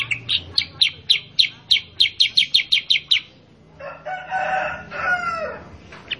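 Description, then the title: Sooty-headed bulbul delivering a fast string of sharp chirps for about three seconds, then a harsher, lower, drawn-out sound. Masteran (training) audio of a Kutilang Sutra in vigorous 'super gacor' song, used for training cage birds. "Masteran Kutilang Sutra. Kutilang Sutra mana YANG GAK NYAUT dan IKUT BUNYI GACOR dengan suara Kutilang Sutra Super GACOR Ini"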